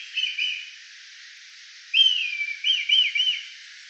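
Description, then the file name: Kite giving a short quavering whistle, a pause, then a long whinny that slides downward and breaks into rapid wavering notes. "oiseau Milan"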